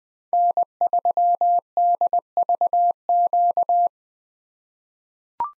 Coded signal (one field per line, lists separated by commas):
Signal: Morse code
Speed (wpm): 20 wpm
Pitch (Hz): 700 Hz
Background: none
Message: N3DVQ